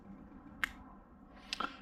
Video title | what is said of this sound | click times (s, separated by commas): Banks Power Derringer/iDash/Pedal Monster Install on 2020 L5P | When you rotate the collar, you'll hear it click, and that means it's locked in. | 0.6 s